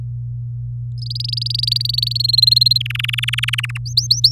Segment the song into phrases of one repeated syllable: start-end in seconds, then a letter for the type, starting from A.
0.98-2.13 A, 2.15-2.78 B, 2.80-3.66 C, 3.69-3.78 D, 3.86-4.32 E